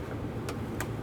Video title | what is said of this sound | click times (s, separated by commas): How to Replace Tail Lights 2008-2013 INFINITI G37 | Press it in. You can hear it and feel it snap into place. | 0.8 s